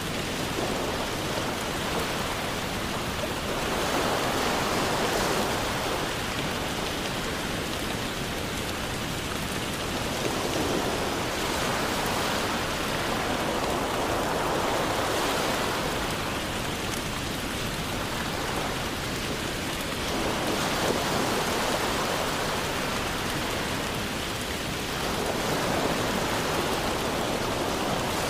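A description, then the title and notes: Steady rain hisses without a break, dense, filling the low through bright range evenly. Its level swells gently every few seconds, softer washes around 3, 10, 18 and 25 seconds, like surf folded into the downpour. Rain Sounds For Sleep + Ocean Waves.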